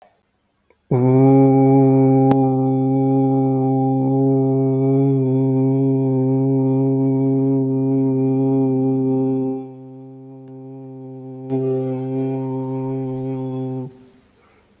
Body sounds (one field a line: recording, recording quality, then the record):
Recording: sustained vowel as in boot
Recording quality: excellent, no background noise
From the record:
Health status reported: healthy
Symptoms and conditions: none ticked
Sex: male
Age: 31 years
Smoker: not ticked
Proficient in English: yes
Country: India